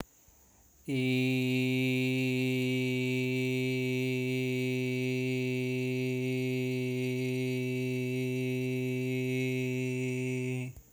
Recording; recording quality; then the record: sustained vowel as in beet; excellent, no background noise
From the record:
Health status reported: healthy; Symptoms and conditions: none ticked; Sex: male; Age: 55 years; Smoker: not ticked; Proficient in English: yes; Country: India